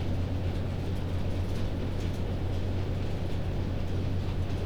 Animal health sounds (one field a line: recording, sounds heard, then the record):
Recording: poultry house recording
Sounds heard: healthy chickens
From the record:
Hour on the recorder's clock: 1